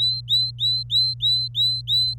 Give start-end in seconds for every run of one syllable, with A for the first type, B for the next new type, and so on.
0.00-2.19 A